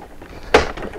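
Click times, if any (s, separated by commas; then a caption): 0.5 s. An upper wing piece of a plastic toy vehicle playset, the Justice League Movie 6" Flying Fox Mobile Command, is pushed into its slot on the vehicle body. A sharp, loud snap at 0.5 s marks the wing seating in place, followed by a fainter tap near 0.9 s.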